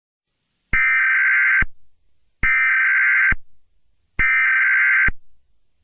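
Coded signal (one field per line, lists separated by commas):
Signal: Emergency Alert System (SAME) tones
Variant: header bursts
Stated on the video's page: Fictional EAS scenario, not a real alert.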